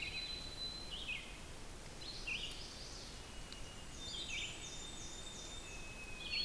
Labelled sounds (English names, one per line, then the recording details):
Red-eyed Vireo song
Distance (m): 55 m
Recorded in boreal forest in Alberta, Canada, on 6 June 2016 at 05:52
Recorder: SongMeter 3, array SBT-3-51
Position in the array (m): 80 m, 129 m